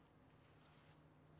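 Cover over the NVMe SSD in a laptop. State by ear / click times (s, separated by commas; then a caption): not seated / none. After the NVMe SSD is screwed down in an HP Omen 15 4800H laptop, the cover over the drive is pressed on, and one side won't click into place the way the other side did. Only a faint hit is heard against a steady low hum, with no distinct snap. Nothing has clicked into place on that side yet, though the cover is accepted as covering the drive and installed.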